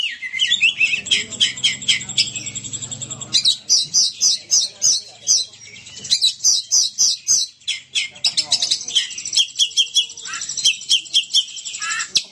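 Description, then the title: Oriental magpie-robin song: quick repeated whistled notes and chattering bursts in a rapid, uneven rhythm, interspersed with long trilled runs. "Kacer"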